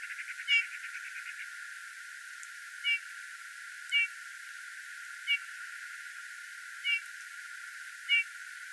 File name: Pyrrhula pyrrhula